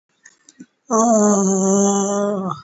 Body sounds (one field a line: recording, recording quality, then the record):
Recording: sustained vowel as in made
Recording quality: excellent, no background noise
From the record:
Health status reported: COVID-19 positive, moderate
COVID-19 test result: positive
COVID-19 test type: RT-PCR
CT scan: not taken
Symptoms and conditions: cough, cold, breathing difficulty, fever, fatigue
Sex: female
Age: 57 years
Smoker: no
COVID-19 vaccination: one dose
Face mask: not worn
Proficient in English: yes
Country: India